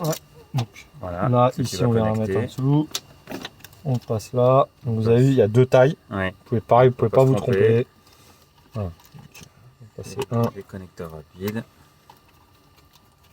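An automatic gas strut end is being handled at its mounting point on the front trunk lid of a Tesla Model 3 during installation of the struts. Someone talks throughout, with a few short knocks and handling sounds. Nothing has seated or clicked yet.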